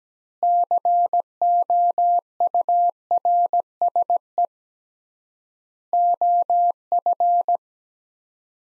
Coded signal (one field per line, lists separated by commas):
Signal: Morse code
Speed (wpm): 17 wpm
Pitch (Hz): 700 Hz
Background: none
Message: COURSE OF